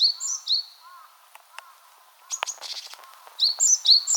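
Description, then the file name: Great tit song: bright two-note phrases repeated several times, high and sweet, with a short gap of quieter clicks and chips midway before the phrases return. "Parus major"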